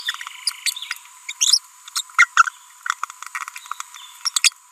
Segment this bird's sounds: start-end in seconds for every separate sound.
0.66-0.72, 1.29-1.32, 1.41-1.58, 1.96-2.02, 2.19-2.26, 2.37-2.49, 3.03-3.05, 4.25-4.29, 4.34-4.39